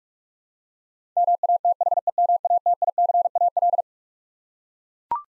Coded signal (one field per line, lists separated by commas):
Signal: Morse code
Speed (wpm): 41 wpm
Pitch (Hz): 700 Hz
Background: none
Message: MATHEMATICAL